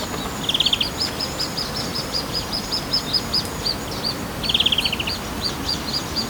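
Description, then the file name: European greenfinch calls: two quick, dry chattering trills about four seconds apart, over a steady run of short high chirps. "Chloris chloris"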